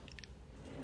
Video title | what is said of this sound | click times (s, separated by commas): LG Refrigerator Not Making Ice- Error IF(IFE) Fan Replacement- LRFVS3006D/02- Single fan available | Now see those tabs right there on the end? Yes, right there. You push and you'll hear it click. | 0.2 s